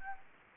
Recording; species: mosquito wingbeat signal from an infrared sensor; Anopheles gambiae